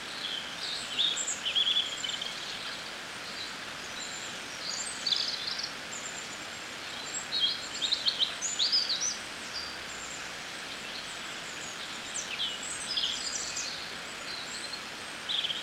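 Birds sing in Scotland near a river, their chirps and short trills coming in scattered bursts around the one-, five-, eight- and thirteen-second marks. Beneath them runs a steady, even hiss of flowing water that never lets up.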